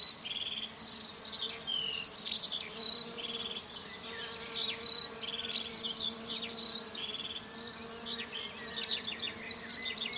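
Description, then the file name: Crickets give a steady, high-pitched shimmering trill throughout, while larks sing fast, twittering phrases of slurred whistles over the top. Field ambience with crickets and larks. "Sounds from a Field Larks and Crickets"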